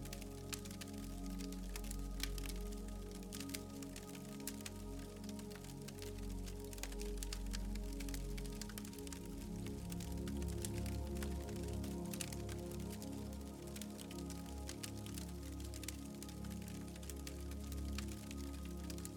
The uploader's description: the comforting crackle of the fire blends with soft melodies